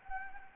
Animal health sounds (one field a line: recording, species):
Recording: mosquito wingbeat signal from an infrared sensor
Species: Anopheles gambiae